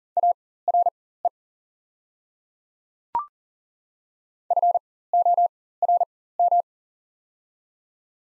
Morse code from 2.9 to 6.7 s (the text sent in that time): FORM